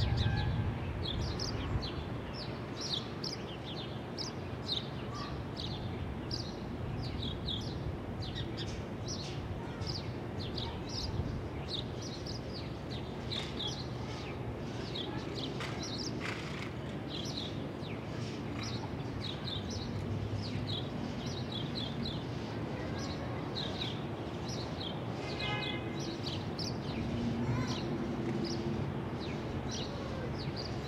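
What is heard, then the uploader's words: Outdoor city ambience on a Brooklyn roof: a steady low rumble of traffic holds evenly through the whole recording. Frequent high, quick bird chirps and tweets scatter over it, with a brief, more tonal call standing out around twenty-five seconds. Ext, Brooklyn Roof.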